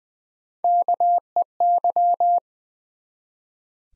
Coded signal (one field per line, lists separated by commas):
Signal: Morse code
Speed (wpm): 20 wpm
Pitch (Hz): 700 Hz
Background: none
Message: KEY